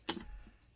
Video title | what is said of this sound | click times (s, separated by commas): How to Clean a Taurus G2C: A Beginner's Guide | Right here is a little button—it’s your magazine release. Press that, and the magazine will pop out. | 0.1 s